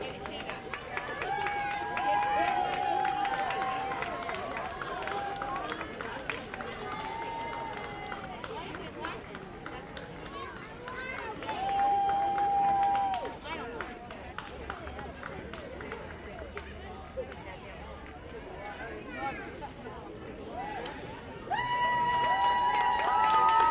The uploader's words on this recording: An eleven minute binaural recording from the finish line of the Sleepy Hallow Halloween 10k.